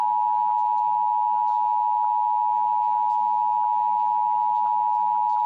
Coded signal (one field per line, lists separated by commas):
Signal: Emergency Alert System (SAME) tones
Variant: 853 and 960 Hz attention tone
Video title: Required Monthly Test on KNSO-DT3 [EAS #359]